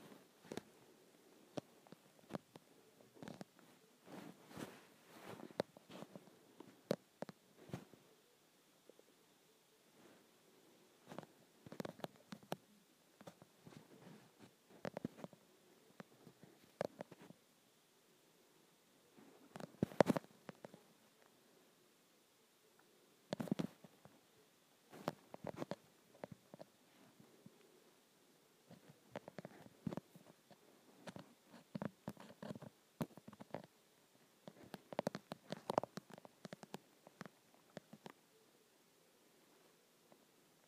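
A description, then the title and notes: Fingernails scratch an iPhone screen in short, irregular bursts of dry scraping clicks, with brief pauses between clusters over a faint quiet background. ASMR Scratching my iPhone Screen.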